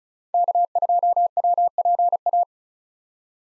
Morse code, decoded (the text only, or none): K2WPA